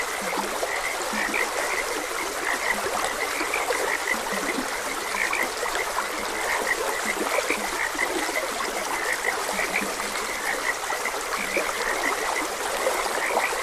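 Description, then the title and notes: Frog chorus of repeated chirpy croaks mixed with low grunting calls throughout, set against a continuous trickling stream. Frogs croaking beside a gentle stream. "Gentle Stream and Frogs Croaking. Sleep and Relaxation Podcast"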